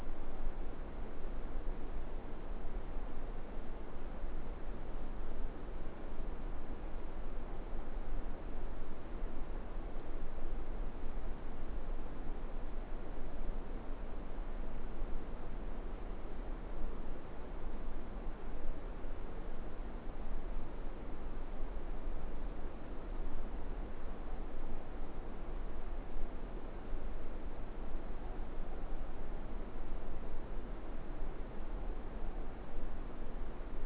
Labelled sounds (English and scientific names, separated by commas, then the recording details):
Morepork (Ninox novaeseelandiae) more-pork call
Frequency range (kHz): Morepork (Ninox novaeseelandiae) 0.5-1.3 kHz
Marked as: faintness 5/5
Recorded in New Zealand
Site Eglinton